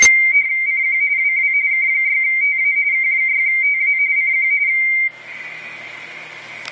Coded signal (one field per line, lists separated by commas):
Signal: RTTY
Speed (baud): 45.45 baud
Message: CQ WW K6TA K6TA CQ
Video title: Radio Teletype (RTTY) decoded by ICOM 7410 on 10 meters